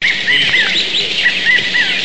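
California quail giving short call notes, repeated several times over two seconds against a steady hiss of background noise.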